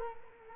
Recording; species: mosquito wingbeat signal from an infrared sensor; Culex quinquefasciatus